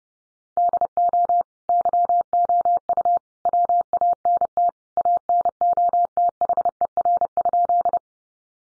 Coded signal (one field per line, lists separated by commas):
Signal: Morse code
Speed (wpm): 30 wpm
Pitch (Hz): 700 Hz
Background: none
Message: DO YOU WANT ANOTHER?